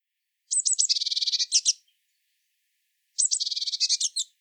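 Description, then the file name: Eurasian blue tit calling twice, each a few sharp high tsee notes running into a fast, dry, buzzy churr, the two calls spaced about two and a half seconds apart. "Cyanistes caeruleus"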